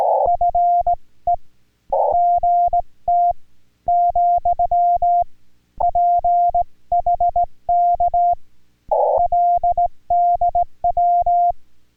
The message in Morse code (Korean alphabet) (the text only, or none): 나 서 , 중 급